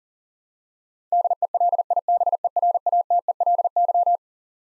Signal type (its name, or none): Morse code